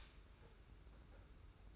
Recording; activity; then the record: daily activity, microphone in the room; start toaster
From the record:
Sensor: 2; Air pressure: 991.5 hPa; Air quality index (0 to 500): 188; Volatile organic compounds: 1000 ppm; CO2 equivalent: 6140 ppm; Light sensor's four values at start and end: 33/98/38/37 and 33/98/38/37